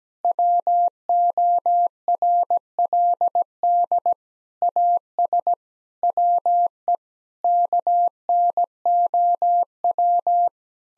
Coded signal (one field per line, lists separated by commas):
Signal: Morse code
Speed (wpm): 17 wpm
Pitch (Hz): 700 Hz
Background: none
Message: WORLD AS WE KNOW